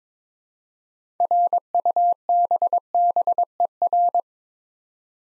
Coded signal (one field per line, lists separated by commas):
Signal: Morse code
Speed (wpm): 22 wpm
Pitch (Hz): 700 Hz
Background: none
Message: RUBBER